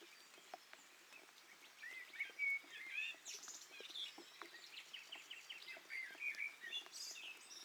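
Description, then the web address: Many birds singing at once, a tangle of twittering notes and short whistled phrases, quieter at first and busier after two seconds, over steady hiss. Several birds calling at once, in stereo. "Hi Fi STEREO BIRD COCKTAIL PARTY Challenge"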